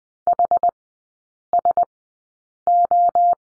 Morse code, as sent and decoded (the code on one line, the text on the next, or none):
.... ... ---
HSO